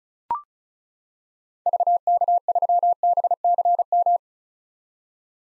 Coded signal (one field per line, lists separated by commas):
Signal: Morse code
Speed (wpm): 36 wpm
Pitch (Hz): 700 Hz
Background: none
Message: VK3BCM